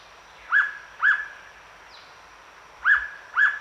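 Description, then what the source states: Hooded pitta calls: two clear, rising-falling whistled double notes, each pair given quickly, separated by a pause; quiet forest background. Recorded at Danum on 1 October 2007.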